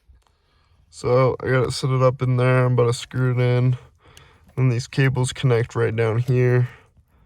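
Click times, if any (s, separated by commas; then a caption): none. Someone talks while handling a plastic dash trim panel that is about to be pressed into the dashboard clips of a 1993 Toyota truck during reassembly after ignition switch work. Two faint ticks are heard at about 0.2 s, and then the talking continues. Nothing has seated or clicked yet.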